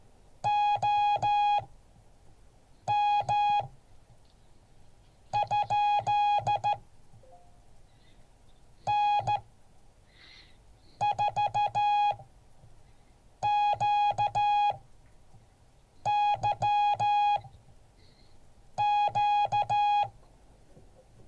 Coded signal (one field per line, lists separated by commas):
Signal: Morse code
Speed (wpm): 14 wpm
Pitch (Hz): 830 Hz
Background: none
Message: OM? N4QYQ